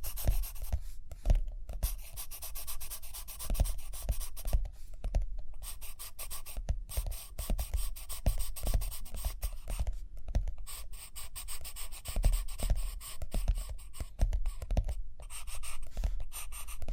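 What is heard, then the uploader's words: Pen or pencil writing and drawing on paper, a near-continuous bright scratching and rubbing broken by brief pauses every second or so. Short soft taps and strokes punctuate it, with quick gaps around the one-, five-, six-, and ten-second marks. Page Turning and Tapping, Writing, Drawing.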